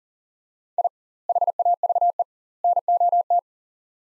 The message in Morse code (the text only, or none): I HAVE NOT